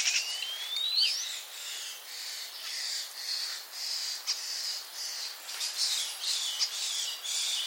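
Common starling calls: a thin whistle sliding upward, then a continuous run of harsh, scratchy squawks and chatter.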